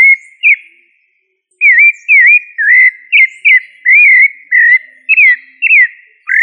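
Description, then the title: Thrush singing a steady run of pure whistled slurs, dipping and rising, about two notes per second after a short opening pair and pause. "Familia Turdidae - Sabia"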